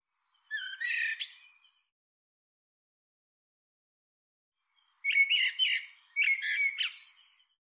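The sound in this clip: Bird giving a brief twittering burst, then after a silent gap a longer sequence of chattery, clicking notes mixed with short whistles.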